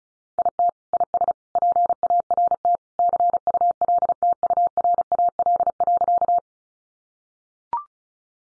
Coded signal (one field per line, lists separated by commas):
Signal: Morse code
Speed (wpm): 34 wpm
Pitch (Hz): 700 Hz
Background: none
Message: IT IS PART CULTURAL.